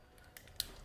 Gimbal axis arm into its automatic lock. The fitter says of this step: locks into place I have red reviews though that somebody knocked this a little weird and